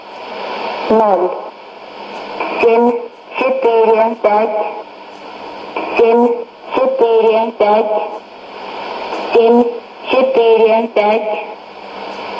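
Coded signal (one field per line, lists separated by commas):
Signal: numbers station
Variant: S06s Russian Lady, Russian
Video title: 31 05 2017 Numbers station S06s Russian Lady in Russian to Eu 0732 on 12110 unknown tx site in CUSB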